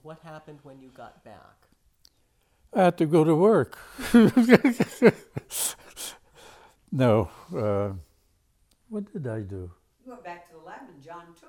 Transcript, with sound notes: And what happened when you got back? I had to go to work! (Laughs) No. Uh. What did I do? You went back to the lab and John took you.